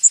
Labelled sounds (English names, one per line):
Yellow Warbler flight call